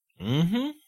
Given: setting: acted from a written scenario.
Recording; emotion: vocal sound without words; pride